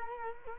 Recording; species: mosquito wingbeat signal from an infrared sensor; Culex quinquefasciatus